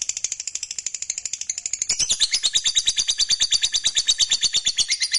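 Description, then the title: Lovebird giving a fast, continuous high-pitched chatter of rapid buzzy notes that grows louder and steadier midway through. "Suara Lovebird"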